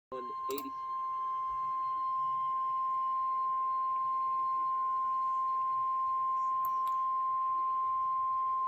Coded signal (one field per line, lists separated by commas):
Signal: Emergency Alert System (SAME) tones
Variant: 1050 Hz attention tone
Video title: VENANGO REFRESHER (L.S. EAS #130-131) 2 Severe Thunderstorm Warnings